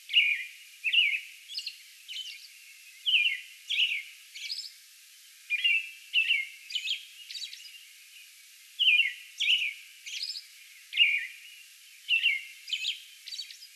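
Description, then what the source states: American robin song bout of repeated slurred, caroling phrases in groups of two or three, broken by brief gaps, with higher squeaky elements. Song bout on May 11.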